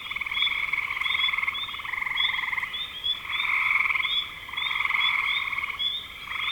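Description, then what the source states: Frog chorus of rapid rattling trills, overlapping bouts rising and falling in loudness, with a constant high-pitched tone throughout. Recorded in spring 2025.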